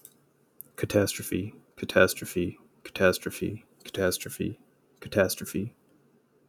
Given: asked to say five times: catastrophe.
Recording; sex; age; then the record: repeated word; male; 30 to 39 years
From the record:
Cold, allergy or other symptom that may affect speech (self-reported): no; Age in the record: 31 years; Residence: Florida, United States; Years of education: 16